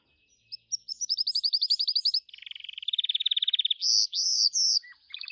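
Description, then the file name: Gloster canary song: a run of rising whistled notes, then a fast buzzy trill and bright high rolling phrases, varied tours following each other without pause. "canto do canario gloster"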